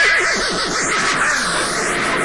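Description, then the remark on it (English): A horse gives a loud, quavering neigh, its pitch wavering rapidly up and down before trailing off, with a bright, breathy hiss running throughout. “A neighing horse.”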